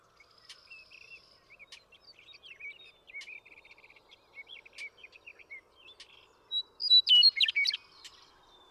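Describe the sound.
Western meadowlark song bursts out near the end as a loud, liquid run of whistles and gurgles, after a stretch of steady, quiet, high chattering.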